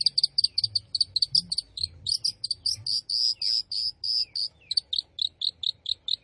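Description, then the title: Long-tailed shrike song: fast buzzy high chatter, notes running together into a continuous rattle, then spacing out. Singing lively (gacor). "Cendet Gacor"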